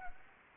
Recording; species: mosquito wingbeat signal from an infrared sensor; Anopheles arabiensis